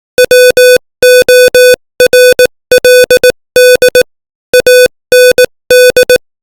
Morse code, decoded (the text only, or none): WORLD AND